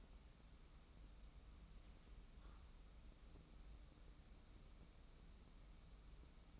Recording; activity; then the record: daily activity, microphone in the room; wipe stove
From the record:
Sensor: 1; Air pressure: 994.5 hPa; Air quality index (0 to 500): 232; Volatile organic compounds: 1000 ppm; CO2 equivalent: 8348 ppm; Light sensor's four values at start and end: 139/320/142/155 and 140/322/143/156